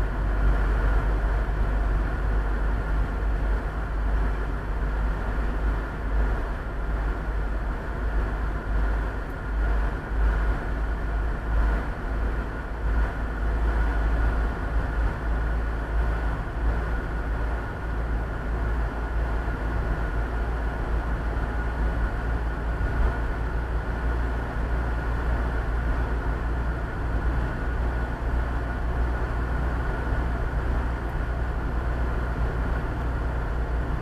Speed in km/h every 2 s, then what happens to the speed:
39, 39, 39, 39, 41, 42, 42, 44, 45, 44, 44, 46, 47, 47, 47, 49, 48.
0-34 speeds up to 48.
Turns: none.